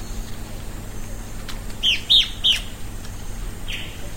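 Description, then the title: Fuscous flycatcher giving three quick, sharp notes in a tight burst, followed by a fainter slurred note, with soft background hiss. Subspecies bimaculatus. "LuckyPassaro Completos2Sama. Fuscous Flycatcher (Cnemotriccus fuscatus bimaculatus)"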